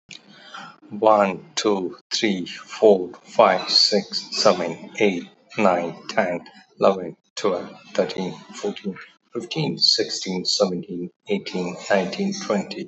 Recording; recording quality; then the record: counting at a normal pace; excellent, no background noise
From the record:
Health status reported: healthy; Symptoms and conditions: none ticked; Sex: male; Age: 59 years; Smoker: not ticked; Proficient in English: yes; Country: India